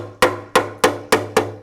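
A metal fret wire is tapped down into the slot of a wooden guitar fretboard with light hammer blows while one hand supports underneath. Five sharp, wood-block-like taps land at 0.2, 0.6, 0.8, 1.1 and 1.4 seconds, each ringing briefly over a steady low hum, and the fret wire seats in the slot.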